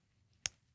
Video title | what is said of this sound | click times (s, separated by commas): Cross Calais | it does kind of Click into place you hear it here | 0.5 s